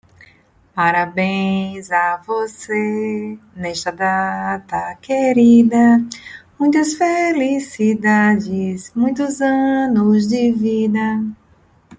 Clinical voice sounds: short text; Brazilian Portuguese; female; 40 to 49 years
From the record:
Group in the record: control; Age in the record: 49 years

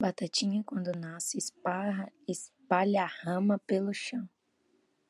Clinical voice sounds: short text; Brazilian Portuguese; female; 20 to 29 years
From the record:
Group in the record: control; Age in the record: 23 years

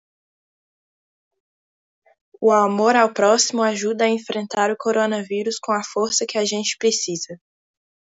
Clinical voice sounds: spoken sentence; Brazilian Portuguese; female; 20 to 29 years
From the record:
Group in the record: control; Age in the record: 22 years

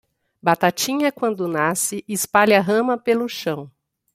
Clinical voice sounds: short text; Brazilian Portuguese; female; 50 to 59 years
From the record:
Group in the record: control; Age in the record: 52 years

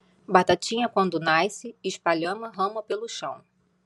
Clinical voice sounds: short text; Brazilian Portuguese; female; 40 to 49 years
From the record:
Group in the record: control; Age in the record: 41 years

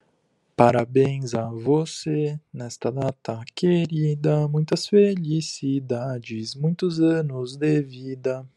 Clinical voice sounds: short text; Brazilian Portuguese; male; 20 to 29 years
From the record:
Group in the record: control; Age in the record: 24 years

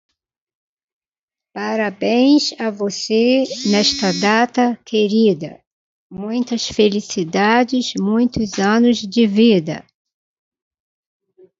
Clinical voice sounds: short text; Brazilian Portuguese; female; 50 to 59 years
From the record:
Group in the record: control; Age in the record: 51 years

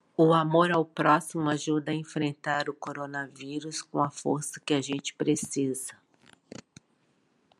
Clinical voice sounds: spoken sentence; Brazilian Portuguese; female; 60 to 69 years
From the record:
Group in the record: control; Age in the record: 60 years

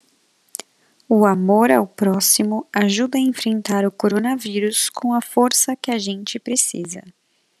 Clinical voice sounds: spoken sentence; Brazilian Portuguese; female; 20 to 29 years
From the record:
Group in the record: control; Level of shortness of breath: 0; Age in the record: 29 years

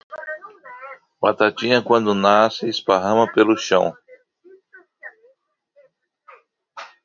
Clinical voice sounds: short text; Brazilian Portuguese; male; 50 to 59 years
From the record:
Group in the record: control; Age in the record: 58 years

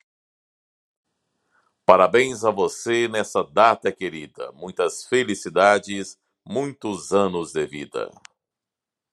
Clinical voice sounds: short text; Brazilian Portuguese; male; 40 to 49 years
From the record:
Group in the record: control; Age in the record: 43 years

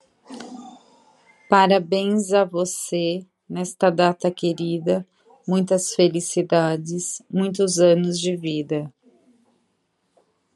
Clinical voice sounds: short text; Brazilian Portuguese; female; 40 to 49 years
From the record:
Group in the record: control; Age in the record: 44 years

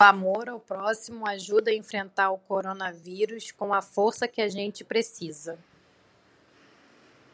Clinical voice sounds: spoken sentence; Brazilian Portuguese; female; 30 to 39 years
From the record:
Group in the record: control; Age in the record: 35 years

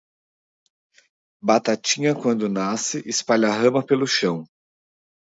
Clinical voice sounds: short text; Brazilian Portuguese; male; 30 to 39 years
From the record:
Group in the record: control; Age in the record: 37 years

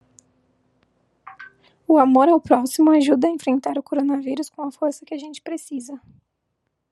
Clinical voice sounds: spoken sentence; Brazilian Portuguese; female; 20 to 29 years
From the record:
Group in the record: control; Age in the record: 25 years

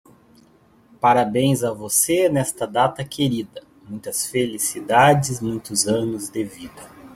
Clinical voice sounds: short text; Brazilian Portuguese; male; 30 to 39 years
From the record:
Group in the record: control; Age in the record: 39 years

